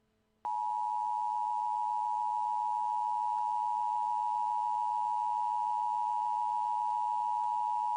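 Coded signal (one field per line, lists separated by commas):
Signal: Emergency Alert System (SAME) tones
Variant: 853 and 960 Hz attention tone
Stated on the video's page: Fictional EAS scenario alert about flying butts, a made-up creation.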